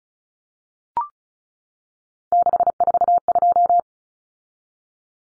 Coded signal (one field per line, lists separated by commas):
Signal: Morse code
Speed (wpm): 34 wpm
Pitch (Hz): 700 Hz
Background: none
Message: 642